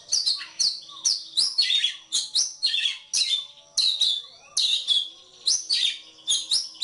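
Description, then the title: Oriental magpie-robin song in short, quick bursts of bright, high whistled notes repeated in a lively, regular rhythm. Kacer poci, a competition bird and national champion, singing gacor with nembak and ngerol styles; the recording plays seven kinds of song, three minutes each, 21 minutes in total. "Kacer Poci Gacor Nembak Dan Ngerol Juara Nasional. 7 macam suara kacer setiap 3 menit"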